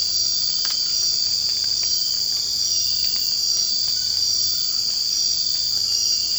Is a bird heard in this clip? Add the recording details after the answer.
no. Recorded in secondary vegetation near Puerto Asís, Putumayo, Colombia, on 24 March 2025 at 00:30. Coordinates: 0.502, -76.326. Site G100